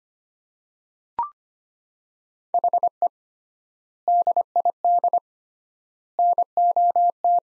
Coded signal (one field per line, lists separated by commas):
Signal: Morse code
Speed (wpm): 25 wpm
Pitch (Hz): 700 Hz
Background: none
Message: HE DID NOT